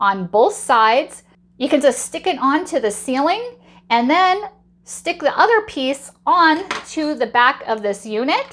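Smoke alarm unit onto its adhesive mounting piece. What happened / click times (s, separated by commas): Handled, not yet home: smoke alarm not yet snapped onto its mounting piece / none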